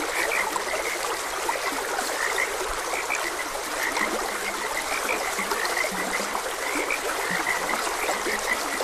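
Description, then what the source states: Frog chorus of quick repeated croaks, higher notes mixed with a few low grunting ones, all over trickling stream water. Frogs croaking beside a gentle stream; nature ambience recording.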